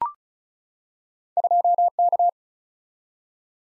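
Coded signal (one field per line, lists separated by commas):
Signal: Morse code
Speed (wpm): 36 wpm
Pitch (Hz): 700 Hz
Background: none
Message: 2K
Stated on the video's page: Morse practice drill of random two-character letter and number groups at 35 wpm, each sent in Morse, then spoken, then sent again, for head-copy.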